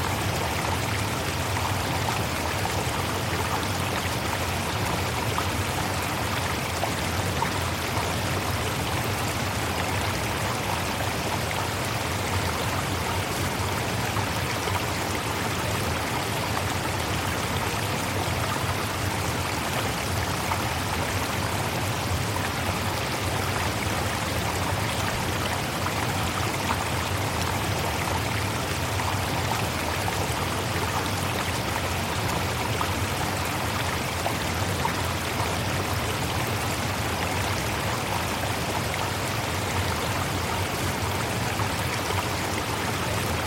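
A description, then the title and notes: River water flows steadily for the whole stretch, a dense, even rush with no pauses or surges. The sound is full, spread from a low murmur up to a bright hiss, with fine splashing texture throughout and nothing else audible behind it. Nature Sounds Waterfall River. Calm River Water flow.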